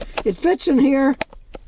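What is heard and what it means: Someone talks while an unplugged OBD Bluetooth dongle is handled and pushed toward its storage slot on the plastic scan tool body, where it is kept so it won't get lost. Short handling taps follow the talking, including a sharp one at about 1.6 s. The dongle has not seated or clicked into the holder yet.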